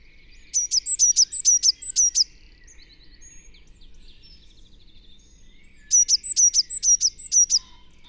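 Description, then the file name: Eurasian blue tit giving two bursts of several rapid, high, thin notes, separated by several seconds of near quiet. "Cyanistes caeruleus"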